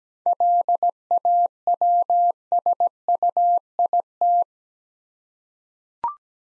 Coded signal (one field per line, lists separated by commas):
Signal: Morse code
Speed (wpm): 17 wpm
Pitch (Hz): 700 Hz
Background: none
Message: LAWSUIT